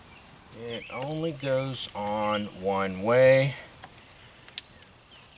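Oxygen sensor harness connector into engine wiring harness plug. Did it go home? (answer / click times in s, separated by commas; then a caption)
yes / 4.6 s. Someone talks while plugging the left-side pre-cat oxygen sensor's electrical connector into its mating engine wiring harness plug. A sharp plastic click is heard at 4.6 s, preceded by faint ticks. The connector is seated.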